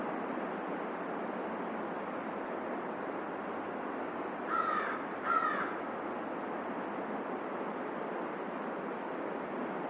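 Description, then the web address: Crow giving two rasping caws in quick succession near the middle, over constant loud background noise. "ворона"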